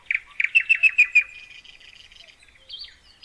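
A nightingale sings alone: a run of six loud, bright repeated notes, then a softer, rapid high warble fading down before a final rising whistled phrase.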